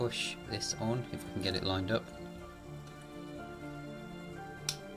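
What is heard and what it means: A small 3D-printed square-holed part is lined up and pushed onto the plastic rotating shaft of a hidden blade prop so it holds without glue. Someone talks over background music, then a short, sharp click sounds at 4.7 seconds as the part seats onto the shaft.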